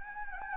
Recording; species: mosquito wingbeat signal from an infrared sensor; Anopheles gambiae